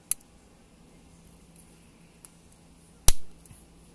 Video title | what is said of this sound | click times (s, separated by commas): 2005 Malibu door lock switch replacement | right let's snaps in place | 0.1 s, 3.1 s